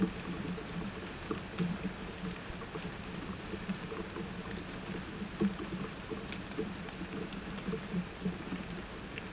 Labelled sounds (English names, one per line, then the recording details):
none
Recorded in pastures near Puerto Asís, Putumayo, Colombia, on 12 March 2025 at 09:30
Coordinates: 0.472, -76.329
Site G074